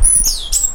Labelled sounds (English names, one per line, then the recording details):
Stitchbird song
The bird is a male
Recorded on Tiritiri Matangi Island, New Zealand, in 2005
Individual 1, of nest box 1